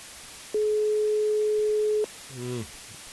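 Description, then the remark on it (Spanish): A telephone ringback tone on the line: one steady, mid-pitched beep lasting about a second and a half, followed by a brief, faint murmur of sound before quiet. “Dos tonos.”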